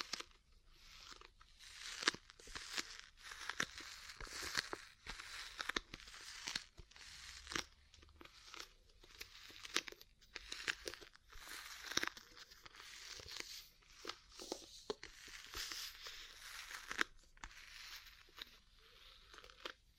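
Ear cleaning and massage sounds fill the clip: dense, bright rustling and crinkling scrapes in quick, uneven bursts, with many sharp tapping clicks scattered throughout. The activity stays busy and fairly steady for the whole clip, with short pauses between strokes.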